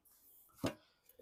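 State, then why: Not seated. The metal support legs of an OEX Tacana Solo Stove are handled against the rim of a gas canister, onto which they clip. A single sharp broadband knock is heard around 0.7 s, followed by faint ticks near 1.1 and 1.2 s. The legs are not yet home, and nothing has seated or clicked yet.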